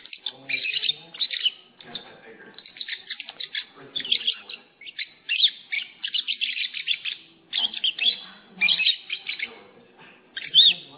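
Lovebird chirping calls, shrill rapid chips in bursts of several notes with short pauses, continuing through the whole stretch.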